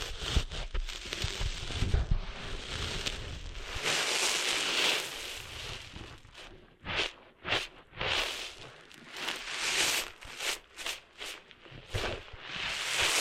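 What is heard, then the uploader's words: Sand being cleaned out of an ear makes a dense, scratchy rustle with dull low thumps in the first few seconds. After about seven seconds it breaks into quick, uneven bursts of gritty scraping separated by short near-silent gaps, then turns steadier again at the end. ASMR Cleaning Sand Out of Your Ears (No Talking).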